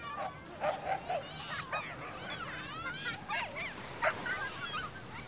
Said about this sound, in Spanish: ¡Ya es suficiente! Siempre le ladra a los niños. Quiere jugar con ellos.